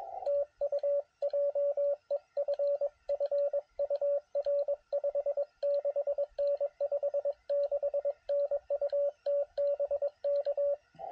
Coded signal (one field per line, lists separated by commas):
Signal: Morse code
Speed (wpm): 21 wpm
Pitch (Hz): 560 Hz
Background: radio noise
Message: TU JEFF UR 56N 56N UT BK